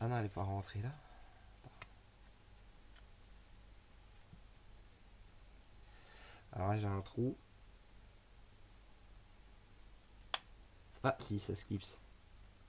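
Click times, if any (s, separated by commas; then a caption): 10.3 s. A clear plastic window is pressed into the plastic body of a 1/24 Belkits VW Polo R WRC 2016 model car kit while someone talks. A sharp, brief click at 10.3 s marks the window clipping into place.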